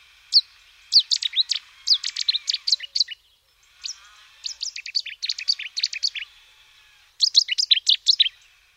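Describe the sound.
Cetti's warbler singing three abrupt, loud bursts of quick repeated high notes, each one to three seconds long, separated by short silences.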